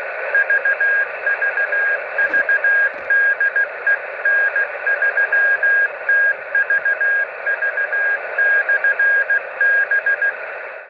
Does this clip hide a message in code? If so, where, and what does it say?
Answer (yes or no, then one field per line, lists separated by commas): yes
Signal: Morse code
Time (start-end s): 0.3-10.3 s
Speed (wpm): 16 wpm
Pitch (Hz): 1650 Hz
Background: radio noise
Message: VVV DE N3TVV/B